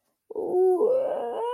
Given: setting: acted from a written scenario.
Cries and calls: vocal sound without words; distress

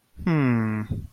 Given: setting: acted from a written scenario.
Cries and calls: vocal sound without words; disappointment

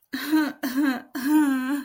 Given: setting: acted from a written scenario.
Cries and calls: vocal sound without words; sadness

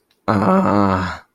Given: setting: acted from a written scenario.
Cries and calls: vocal sound without words; confusion

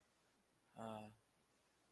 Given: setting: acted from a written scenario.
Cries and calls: vocal sound without words; shame

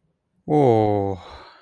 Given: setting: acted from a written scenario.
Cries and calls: vocal sound without words; serenity

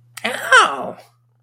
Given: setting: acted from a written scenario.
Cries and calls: vocal sound without words; pain

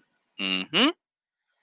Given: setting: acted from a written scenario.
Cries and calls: vocal sound without words; pride

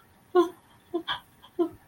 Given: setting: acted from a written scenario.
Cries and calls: vocal sound without words; sadness

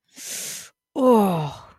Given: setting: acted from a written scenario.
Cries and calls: vocal sound without words; pain

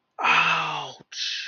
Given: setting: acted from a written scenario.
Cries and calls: vocal sound without words; pain

